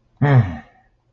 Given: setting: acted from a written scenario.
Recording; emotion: vocal sound without words; pain